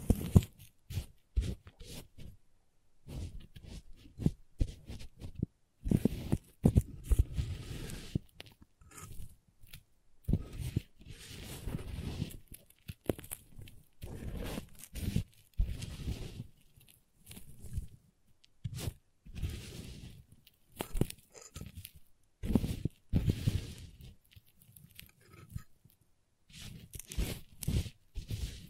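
Crayons tap, scrape and carve in irregular bursts, dense short knocks and scratchy strokes filling the clip with brief silent gaps between.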